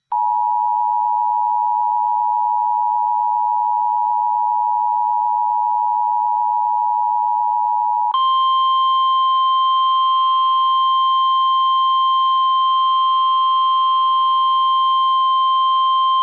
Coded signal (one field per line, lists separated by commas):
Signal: Emergency Alert System (SAME) tones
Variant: 853 and 960 Hz attention tone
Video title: EAS 897 Blizzard Warning for NE